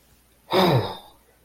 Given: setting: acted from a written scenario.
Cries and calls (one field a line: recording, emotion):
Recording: vocal sound without words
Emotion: awe